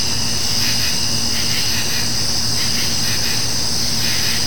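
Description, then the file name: Insects in a high, steady hiss-like trilling, with soft chirp pulses and a continuous low rumble. Nature ambience of insects on a summer night. "kevin boucher nature ambience summer insects night"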